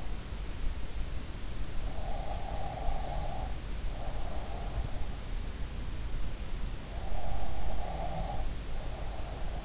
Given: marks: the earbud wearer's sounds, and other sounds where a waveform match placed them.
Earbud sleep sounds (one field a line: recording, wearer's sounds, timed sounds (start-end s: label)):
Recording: sounds in sleep by an in-ear microphone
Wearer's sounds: breath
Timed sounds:
2.10-4.71 s: breath
6.99-9.65 s: breath